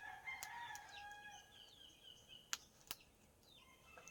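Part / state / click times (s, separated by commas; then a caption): latch on a storage container or box / not seated / none. Someone tries to close and lock the latch on a storage container or box, but it will not lock. Over a background of rooster crowing and bird chirps, two sharp taps sound at about 2.5 and 2.9 seconds. The latch has not locked or clicked into place.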